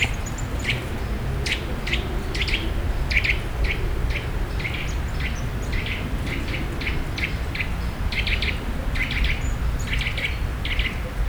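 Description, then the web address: Eurasian nuthatch calls: many short, sharp notes repeated irregularly, sometimes in quick pairs, above a constant low rumble. Another of its calls, recorded in nature in the Visegrád Hills, Hungary. "allathangok termeszetben csuszka masikhangja visegradihegyseg"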